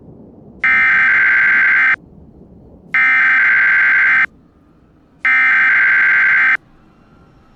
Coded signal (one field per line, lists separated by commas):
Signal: Emergency Alert System (SAME) tones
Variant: header bursts